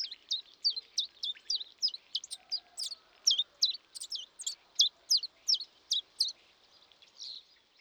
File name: Pilkoji Pečialinda - Common Chiffchaff - Phylloscopus collybita